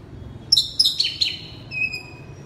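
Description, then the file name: Oriental magpie-robin giving a short run of four quick whistled notes followed by a longer thin whistle. Oriental magpie-robin (kacer) singing loudly in ngeplong style. "suara kacer ngeplong keras"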